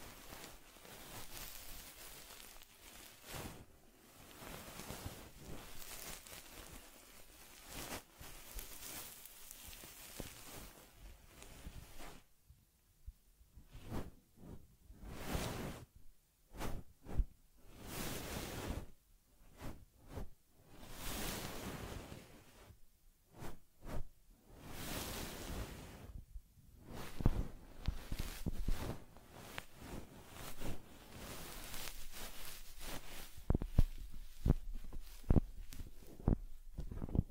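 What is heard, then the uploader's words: Soft brushing and rubbing strokes on a teddy during massage and fur combing, coming in uneven bursts with brief quiet gaps throughout. Taking Care of Teddy Head Massage, Facial Cleansing, Fur Combing and Ear Cleaning.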